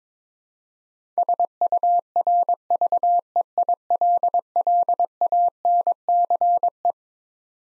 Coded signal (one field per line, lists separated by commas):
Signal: Morse code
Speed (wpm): 22 wpm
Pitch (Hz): 700 Hz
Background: none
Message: SURVEILLANCE